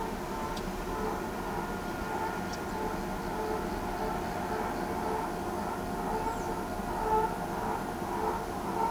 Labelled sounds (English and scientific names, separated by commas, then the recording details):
none
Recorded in pastures near Pivijay, Magdalena, Colombia, on 17 April 2023 at 16:30
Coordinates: 10.456, -74.369
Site P6-G026